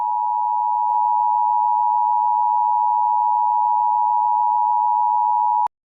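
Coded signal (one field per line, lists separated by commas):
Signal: Emergency Alert System (SAME) tones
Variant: 853 and 960 Hz attention tone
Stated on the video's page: Fictional EAS scenario, remastered version.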